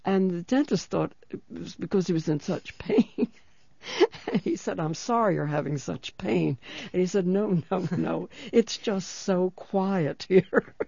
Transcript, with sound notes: And the dentist thought it was because he was in such pain. ( she laughs ) And he said, "I'm sorry you're having such pain." He said, "No, no, no, it's just so quiet here."